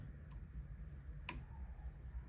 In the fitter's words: that unlocks it